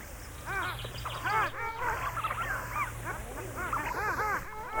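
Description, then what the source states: Long-tailed Ducks calling together: dense overlapping arched, wavering nasal notes from many birds, continuous throughout, with a low steady hum beneath. From a Swedish mountain and coastal birds collection, Sweden, 1984.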